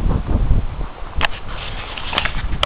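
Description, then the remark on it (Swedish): Strong wind at a high spot roars and buffets the microphone in an uneven, low rumble, with a few sharp gusty thumps cutting through. No one speaks. “Ja, nu är jag ganska högt upp så det är otroligt blåsigt.”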